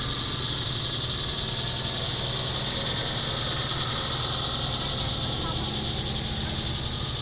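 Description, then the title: Cicadas in a steady, unbroken high buzzing chorus that holds an even pitch and loudness throughout, over a faint low hum. Summer. "neoscenes: summer cicadas"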